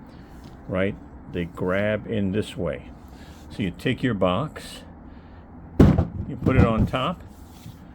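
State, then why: Not seated. A stackable plastic modular tool box is handled and set on top of the box below it, ready to be pushed back so its locking tabs engage. Someone talks throughout, and a louder hard-plastic handling burst is heard near 5.8 seconds. Nothing has seated or clicked yet.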